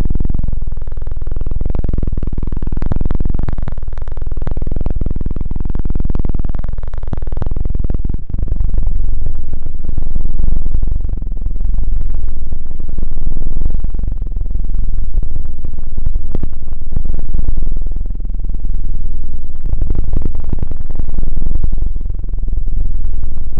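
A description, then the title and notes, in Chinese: A helicopter sound with a heavy low rumble throughout. For the first eight seconds a pitch sweeps up and down in three slow swoops, then the noise becomes a denser, steadier roar with quick sharp ticks and flutters scattered over it. 3D环绕螺旋升天直升机。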